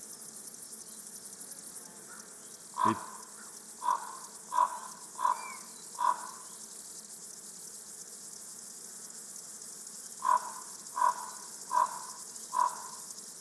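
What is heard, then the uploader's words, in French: Grasshoppers keep up a dense, steady high buzzing through the whole recording. Against it, a crow caws in two bursts of short, regular calls, five near the start and four more after a pause around ten seconds. A low, constant hum sits underneath. Forêt de Val Drôme, lieu dit la Sarcena. Nagra seven, stereo 2xmk40. Un magnifique concert de Criquets des adrets (Chorthippus apricarius). Le corbeau et les criquets.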